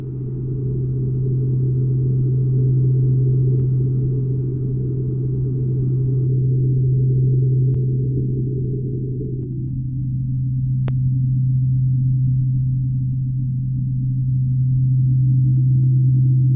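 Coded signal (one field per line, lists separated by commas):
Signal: radar signal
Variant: CMOR meteor radar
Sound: continuous low hum-like tone around 137 Hz with muffled rushing hiss beneath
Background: radio static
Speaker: so that was a really great uh signature you could see how we were able to isolate uh one individual carrier and look at it on the the oscilloscope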